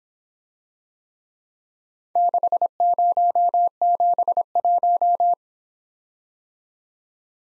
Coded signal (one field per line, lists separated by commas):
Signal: Morse code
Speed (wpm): 25 wpm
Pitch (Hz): 700 Hz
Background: none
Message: 6071